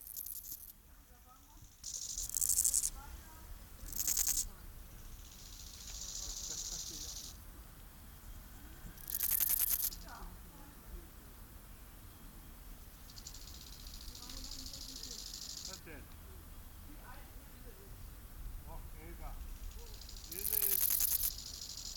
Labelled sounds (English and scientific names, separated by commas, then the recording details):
Steppe Grasshopper (Chorthippus dorsatus) stridulation
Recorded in the wild
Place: Tüchersfeld, Fränkische Schweiz, Bayern, DE
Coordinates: 49.72, 11.07
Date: 1995-09-05 11:33
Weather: wechselnd, sonnig, 15,2°C
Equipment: Nagra SN, Sennheiser ME 80, Kopie Uher 4000 Report Monitor
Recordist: Tembrock, Günter